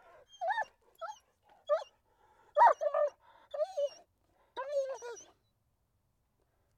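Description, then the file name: Dog whimpering and yipping quietly, a string of short high whines and yelps with brief pauses between them. Barking. "Digiffects Sound Effects Library - Dog Barking"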